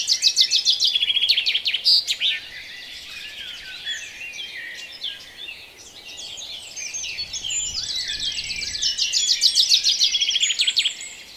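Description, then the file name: Birds in a dawn chorus: loud rapid trills open and close the passage, with softer mixed twitters and whistles from several birds in between. "Reveil des oiseaux La Sonotheque"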